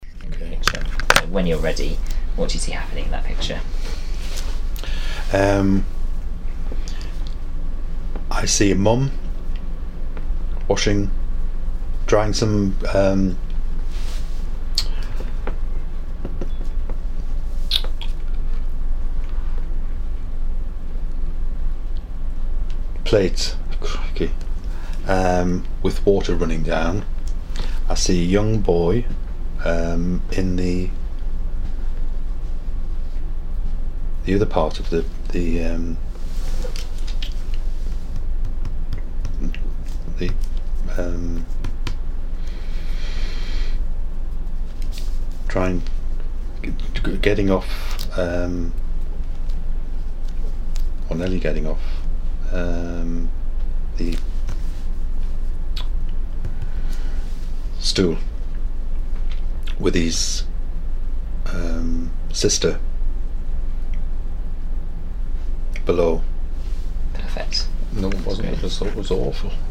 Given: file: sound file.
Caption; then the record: The clinical picture in lvPPA is usually dominated by word-finding difficulty and conversational lapses, for which the syndrome is named (Greek, ‘lack of words’).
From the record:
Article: Primary progressive aphasia: a clinical approach